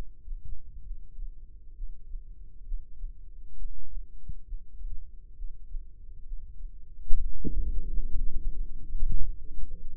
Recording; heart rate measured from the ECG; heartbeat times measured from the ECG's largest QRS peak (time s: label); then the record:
heart sounds by microphone in the right ear; 68 bpm
0.82 s: heartbeat
1.74 s: heartbeat
2.64 s: heartbeat
3.55 s: heartbeat
4.44 s: heartbeat
5.34 s: heartbeat
6.23 s: heartbeat
7.16 s: heartbeat
8.05 s: heartbeat
8.86 s: heartbeat
9.67 s: heartbeat
From the record:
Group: healthy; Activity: breath hold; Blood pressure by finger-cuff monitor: 124/70 mmHg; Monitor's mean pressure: 91 mmHg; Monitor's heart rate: 66 bpm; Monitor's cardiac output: 6.6 L/min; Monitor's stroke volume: 100 mL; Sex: female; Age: 22 years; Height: 161 cm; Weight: 65.5 kg